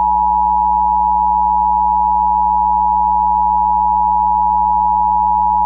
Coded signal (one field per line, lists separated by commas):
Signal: Emergency Alert System (SAME) tones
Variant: 853 and 960 Hz attention tone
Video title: PREPARING FOR THE HOLIDAYS... EAS Tests from November 2022 (EAS #1,708 - 1,760)